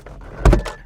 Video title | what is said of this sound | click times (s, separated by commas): 2008-2015 Grand Caravan and Town and Country front dome light bulb | and just kind of pull till it snaps | 0.5 s